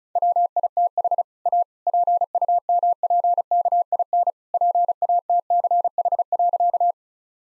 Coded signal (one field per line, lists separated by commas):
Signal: Morse code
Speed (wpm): 34 wpm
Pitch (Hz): 700 Hz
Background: none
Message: WITH A PUMPKIN PATCH.